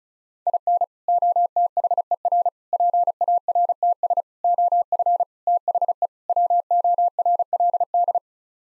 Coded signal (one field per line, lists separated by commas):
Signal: Morse code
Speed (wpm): 36 wpm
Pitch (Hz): 700 Hz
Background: none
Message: IN OTHER PARTS OF THE WORLD